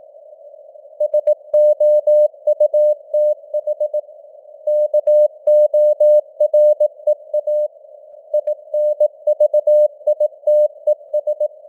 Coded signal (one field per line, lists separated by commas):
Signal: Morse code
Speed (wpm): 18 wpm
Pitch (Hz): 600 Hz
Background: none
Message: SOUTH KOREA INVITES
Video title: Morse Code News | 2025-11-17 | 18wpm